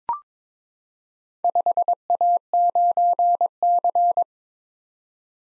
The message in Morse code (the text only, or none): 5A9C